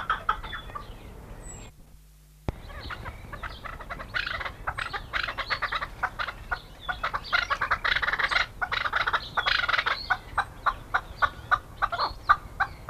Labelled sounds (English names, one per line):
Rock Partridge call